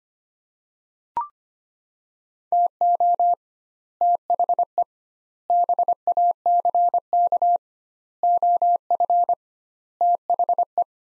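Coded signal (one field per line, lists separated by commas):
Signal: Morse code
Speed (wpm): 25 wpm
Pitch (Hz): 700 Hz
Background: none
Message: TO THE BACK OF THE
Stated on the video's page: Morse practice of five-word sets at 25wpm with 2x word spacing, a Farnsworth-like method applied to words.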